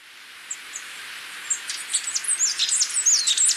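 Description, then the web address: Capped Conebill: two or three soft, high ticks, then a quick burst of thin twittering chips and sliding notes. Recorded in Ecuador. "Natures Songs S America Birds of Ecuador 607 Capped Conebill"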